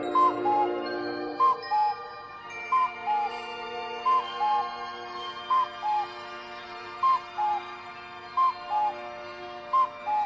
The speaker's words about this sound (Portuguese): As horas foram passando, até que quando o velho relógio principiou a dar as 10 horas...